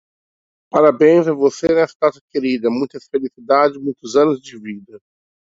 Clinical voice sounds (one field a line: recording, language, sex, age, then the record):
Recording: short text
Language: Brazilian Portuguese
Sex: male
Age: 30 to 39 years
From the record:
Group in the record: control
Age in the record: 38 years